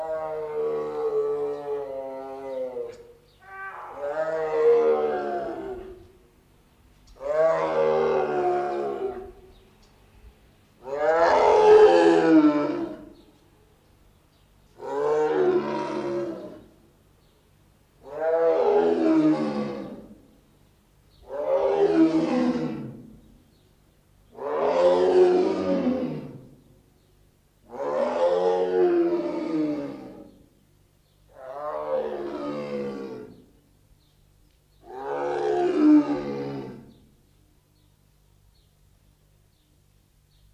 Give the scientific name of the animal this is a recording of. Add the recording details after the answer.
Panthera tigris. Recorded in captivity. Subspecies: tigris. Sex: male. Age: adult. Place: Zoo Halle, Sachsen-Anhalt, DE. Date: 1980-04-12 19:00. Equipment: Nagra SN, Kopie Uher 4200. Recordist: Tembrock, Günter